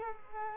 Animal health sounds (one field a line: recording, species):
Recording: mosquito wingbeat signal from an infrared sensor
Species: Culex quinquefasciatus